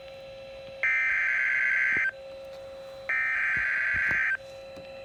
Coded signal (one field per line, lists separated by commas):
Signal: Emergency Alert System (SAME) tones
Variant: header bursts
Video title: EAS #055 Severe Thunderstorm Warning (My County!)